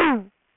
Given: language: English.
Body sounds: throat vibration sensor signal played as sound; throat clearing

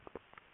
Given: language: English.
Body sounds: throat vibration sensor signal played as sound; swallow

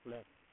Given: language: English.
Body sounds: throat vibration sensor signal played as sound; speech

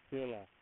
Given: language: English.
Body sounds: throat vibration sensor signal played as sound; speech

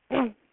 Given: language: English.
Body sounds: throat vibration sensor signal played as sound; throat clearing

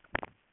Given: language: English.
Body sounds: throat vibration sensor signal played as sound; swallow

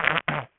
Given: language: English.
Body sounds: throat vibration sensor signal played as sound; throat clearing

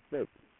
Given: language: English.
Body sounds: throat vibration sensor signal played as sound; speech

